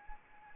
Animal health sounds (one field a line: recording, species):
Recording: mosquito wingbeat signal from an infrared sensor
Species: Anopheles arabiensis